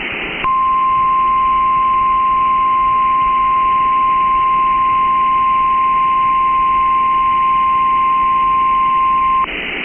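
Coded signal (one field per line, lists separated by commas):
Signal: Emergency Alert System (SAME) tones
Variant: 1050 Hz attention tone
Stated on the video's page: Valid tones of a special marine warning.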